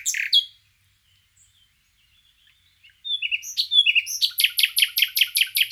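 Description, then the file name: Common nightingale song: a short harsh note, a pause, then whistles leading into a fast series of loud repeated notes. "Luscinia megarhynchos"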